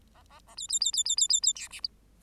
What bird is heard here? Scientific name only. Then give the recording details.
Lonchura striata domestica. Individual Bird8